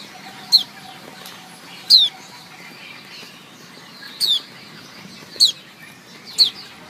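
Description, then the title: White-eye chirps: thin, high descending notes, each with a sharp click-like onset, repeated at irregular intervals of one to two and a half seconds, with soft twittering behind. Female white-eye, locally called pleci; chirping used as therapy to prompt silent (mbisu) white-eyes to sing. "Suara Kicau Pleci Betina Terapi Pleci Mbisu"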